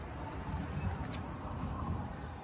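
A plastic wiring harness connector is turned around and lined up with the camshaft position sensor on a 2005 Nissan 2.5 L four-cylinder engine, after being shown not to fit the wrong way. Only soft, steady handling rustle and low background noise are heard. Nothing has seated or clicked yet.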